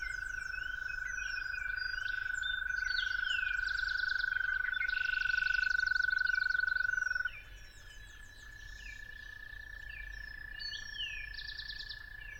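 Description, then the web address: Toad's strong, steady trill cuts off after about seven seconds, and another softer, slightly higher trill carries on alongside chattering birdsong. At dawn. "musicofnature Toads at Dawn"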